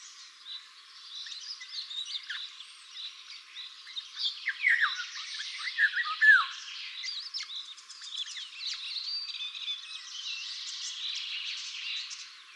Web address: Golden Oriole